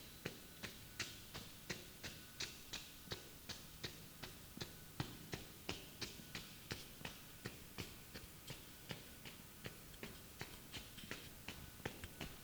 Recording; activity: daily activity, guitar pickup as the sensor; run